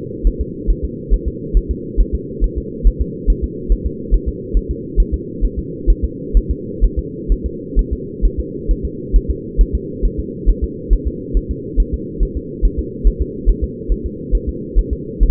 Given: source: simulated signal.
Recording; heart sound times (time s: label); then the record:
fetal heart sounds
0.27 s: S1
0.41 s: S2
0.70 s: S1
0.85 s: S2
1.13 s: S1
1.28 s: S2
1.57 s: S1
1.71 s: S2
2.00 s: S1
2.15 s: S2
2.44 s: S1
2.58 s: S2
2.87 s: S1
3.01 s: S2
3.30 s: S1
3.44 s: S2
3.72 s: S1
3.86 s: S2
4.14 s: S1
4.29 s: S2
4.57 s: S1
4.71 s: S2
5.00 s: S1
5.14 s: S2
5.44 s: S1
5.59 s: S2
5.90 s: S1
6.04 s: S2
6.37 s: S1
6.51 s: S2
6.85 s: S1
6.99 s: S2
7.32 s: S1
7.46 s: S2
7.79 s: S1
7.93 s: S2
8.25 s: S1
8.39 s: S2
8.71 s: S1
8.85 s: S2
9.16 s: S1
9.30 s: S2
9.61 s: S1
9.75 s: S2
10.05 s: S1
10.19 s: S2
10.50 s: S1
10.64 s: S2
10.93 s: S1
11.07 s: S2
11.37 s: S1
11.51 s: S2
11.80 s: S1
11.94 s: S2
12.23 s: S1
12.37 s: S2
12.65 s: S1
12.79 s: S2
13.07 s: S1
13.21 s: S2
13.50 s: S1
13.64 s: S2
13.92 s: S1
14.06 s: S2
14.35 s: S1
14.49 s: S2
14.79 s: S1
14.93 s: S2
15.23 s: S1
From the record:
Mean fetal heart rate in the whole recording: 135 bpm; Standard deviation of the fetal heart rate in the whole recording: 3 bpm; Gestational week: 36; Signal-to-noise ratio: -4.1 dB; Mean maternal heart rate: no maternal heart sound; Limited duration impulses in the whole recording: absent